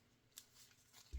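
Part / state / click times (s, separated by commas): pistol barrel into slide / not seated / none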